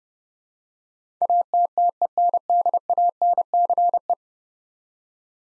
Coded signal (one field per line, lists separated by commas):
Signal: Morse code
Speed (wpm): 31 wpm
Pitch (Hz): 700 Hz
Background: none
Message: ATTENDANCE